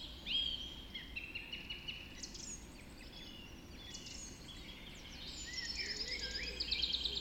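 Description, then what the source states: Birds singing a dawn chorus, a clear whistled note opening, then layered warbles and a fast buzzy trill near the end, over a low hum. Dawn chorus recorded just after dawn in the Forest of Dean.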